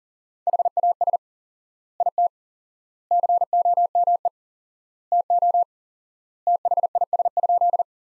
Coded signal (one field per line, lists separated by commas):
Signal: Morse code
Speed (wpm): 37 wpm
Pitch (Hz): 700 Hz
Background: none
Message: HAS IT COME TO THIS?